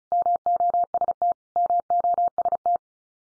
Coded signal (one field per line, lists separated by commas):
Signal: Morse code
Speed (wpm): 34 wpm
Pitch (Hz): 700 Hz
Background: none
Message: MOST MOST